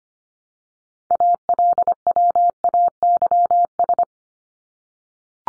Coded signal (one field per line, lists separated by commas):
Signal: Morse code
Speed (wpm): 25 wpm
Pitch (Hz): 700 Hz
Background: none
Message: ALWAYS